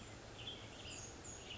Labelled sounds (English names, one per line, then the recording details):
Western Tanager
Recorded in Sonoma County, California